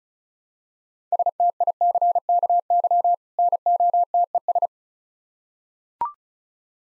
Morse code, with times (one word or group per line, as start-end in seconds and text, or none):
1.1-3.1 STICKY
3.4-4.7 NOTES